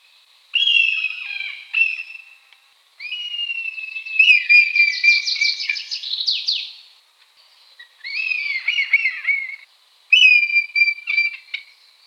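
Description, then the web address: Red kite calling, repeated high whistles that shift into fast, tremulous quavering phrases, four bouts over about twelve seconds. Along a nature trail. "Milvus milvus. ns svatomartinska alej"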